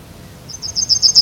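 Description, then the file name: Yellowhammer song: a quick series of short, high, repeated chipping notes starting after a half-second pause and growing louder, with faint low background rumble. "Zigolo Giallo"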